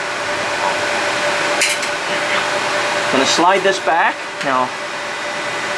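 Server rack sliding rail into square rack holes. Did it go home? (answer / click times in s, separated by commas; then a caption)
no / none. A metal sliding rail for a 45 Drives Storage Pod is slid back and lined up with the square holes of a server rack, ready for its tool-free push-in tabs to lock in. A steady broadband hum runs throughout, with a few faint handling sounds, while someone talks from about 3.1 to 4.7 seconds. No click is heard, and the rail has not locked into place yet.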